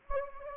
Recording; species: mosquito wingbeat signal from an infrared sensor; Anopheles gambiae